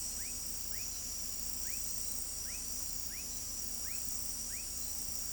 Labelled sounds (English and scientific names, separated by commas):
none